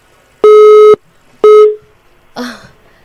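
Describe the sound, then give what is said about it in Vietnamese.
Two loud, steady electronic tones of a phone busy signal, each about half a second long, as a phone call loses its signal, followed by a brief, muffled burst of noise as the line cuts off. No one speaks. “Tín hiệu của chúng tôi đang bị mất một tín hiệu điện thoại”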